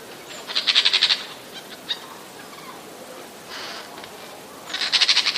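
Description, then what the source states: Eurasian jay with two loud, rough rasping bursts about four seconds apart, with a fainter burst and a few short notes between. Alarm or warning calls, recorded 27 January 2013.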